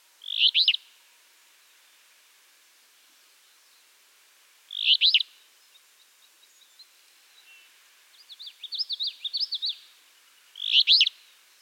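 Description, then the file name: Alder flycatcher repeating a brief, burry, slurred phrase three times at irregular gaps, with a quick rising-falling twittering series before the last one. "Empidonax alnorum - Alder Flycatcher"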